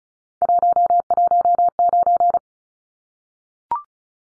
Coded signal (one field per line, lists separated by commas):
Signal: Morse code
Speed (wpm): 34 wpm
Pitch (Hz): 700 Hz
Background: none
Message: 119